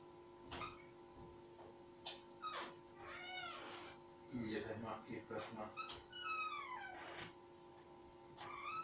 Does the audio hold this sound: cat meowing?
yes